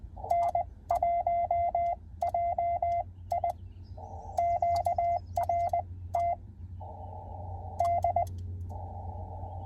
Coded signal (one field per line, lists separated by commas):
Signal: Morse code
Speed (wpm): 20 wpm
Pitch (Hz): 690 Hz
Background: none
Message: N1JI QRT D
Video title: 2024 Hamvention Road Trip Day 3